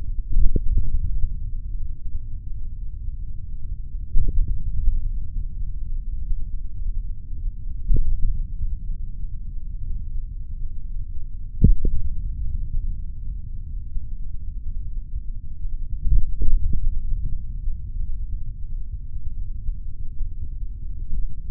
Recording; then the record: forearm muscle sounds (acoustic myography)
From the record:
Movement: tripod grip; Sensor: system 3, bracelet of six PUI Audio POM-2738L microphones around the upper forearm, with dedicated amplification and filtering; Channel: 2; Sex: male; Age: 26 years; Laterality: right